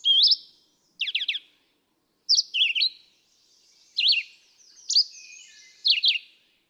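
Red-eyed vireo singing short, slurred phrases, one roughly every second, in a quiet background.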